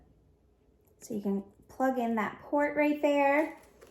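A plastic spin brush attachment is being handled at the powered handle of an electric spin brush, near the port and power button. Only someone talking is heard, from about 1.0 to 3.6 seconds, over a quiet background. Nothing has seated or clicked yet.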